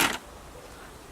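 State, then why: Released. To pack away an Outwell Picota steel folding chair, one foot is placed on the base and the arm is pushed down, and the steel frame joint separates with a sharp snap at 0.0 s. The joint releases, and only faint low background noise follows for the rest of the clip.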